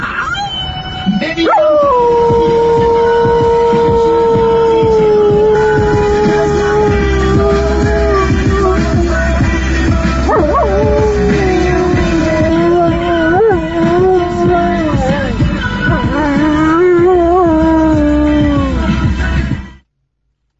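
A dog howls in long, wavering, sustained notes that slide up and down in pitch, loud and continuous for nearly twenty seconds over a steady backing of music.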